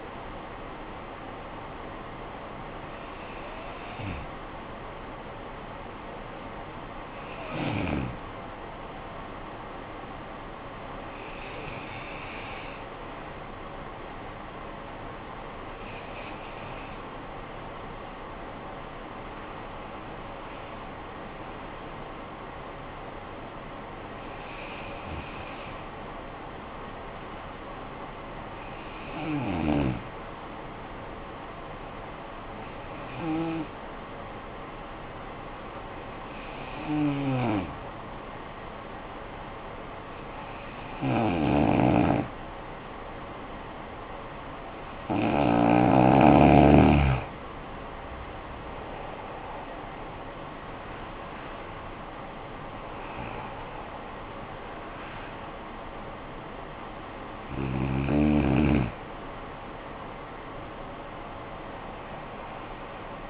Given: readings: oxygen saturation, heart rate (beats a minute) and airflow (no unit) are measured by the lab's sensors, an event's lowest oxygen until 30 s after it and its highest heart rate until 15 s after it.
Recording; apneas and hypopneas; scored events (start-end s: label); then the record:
breathing in sleep by a voice recorder at the bedside; 1
11.00-44.60 s: hypopnea (N1, oxygen 96% highest, then 87% lowest, heart rate 55 at the start, 66 highest)
From the record:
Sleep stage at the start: N1 (lightest sleep); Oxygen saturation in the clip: 87 to 96%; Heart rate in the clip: 52 to 66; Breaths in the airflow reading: 15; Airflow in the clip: -15.6 to 11.3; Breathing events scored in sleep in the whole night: 445 in 7.6 hours asleep